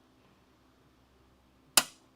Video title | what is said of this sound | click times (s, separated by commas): The Crew Cab Charger! (Part 14) | Hear the latch. | 1.8 s